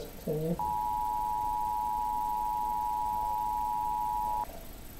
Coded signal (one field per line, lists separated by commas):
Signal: Emergency Alert System (SAME) tones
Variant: 853 and 960 Hz attention tone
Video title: Galaxy Gamer reacts to EAS alarms